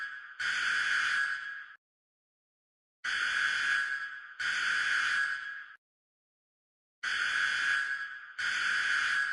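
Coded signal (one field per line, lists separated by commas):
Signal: Emergency Alert System (SAME) tones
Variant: header bursts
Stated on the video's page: Sound effect presented as a fire alarm.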